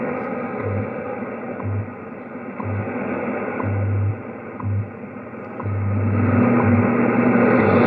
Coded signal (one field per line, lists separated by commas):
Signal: radio time signal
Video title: WWV SIGNAL ON THE YAESU FT-2000 AND RECEIVING FADE FROM GRAYLING